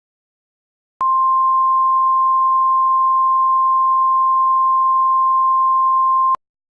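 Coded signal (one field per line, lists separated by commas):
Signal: Emergency Alert System (SAME) tones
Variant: 1050 Hz attention tone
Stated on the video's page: Fictional EAS scenario.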